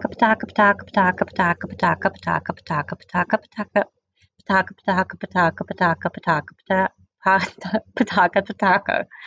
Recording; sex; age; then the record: repeated syllables /pa ta ka/; female; 30 to 39 years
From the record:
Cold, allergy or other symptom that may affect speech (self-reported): no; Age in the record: 32 years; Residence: Pennsylvania, United States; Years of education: 12